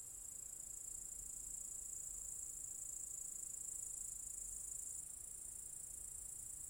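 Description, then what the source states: Cicadas: a steady, high, sizzling chorus with a faint low rumble underneath. Cicadas in an apple tree orchard at Zalensų Sodybos, Lithuania, on 23 August 2015.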